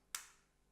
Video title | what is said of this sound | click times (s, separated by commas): Unboxing: The Nintendo Switch | it's locked in but it's locked it looks beautiful | 0.2 s